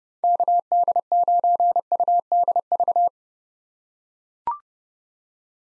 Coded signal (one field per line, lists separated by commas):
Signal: Morse code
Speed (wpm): 31 wpm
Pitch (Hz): 700 Hz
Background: none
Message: KD9UDV